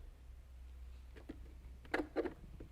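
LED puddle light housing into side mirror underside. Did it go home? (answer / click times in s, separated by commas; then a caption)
no / none. Someone lines up the tab on the plastic LED puddle light housing with the slot on the underside of a 2007–2013 Chevy Tahoe side mirror and pushes down lightly. Only faint handling noises and a few soft taps, near 1.3 s and from 1.9 to 2.2 s, sound over a low steady hum. Nothing has clicked or seated yet; the housing is not in place.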